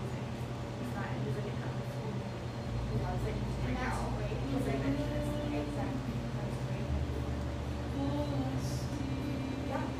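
Café sounds in a little drip coffee joint in eastern Seattle: a steady murmur of overlapping voices over a low, constant hum that deepens slightly after the first few seconds. Scattered short clinks and taps punctuate the chatter, with a brief higher clatter near the end.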